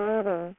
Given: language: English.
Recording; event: throat vibration sensor signal played as sound; speech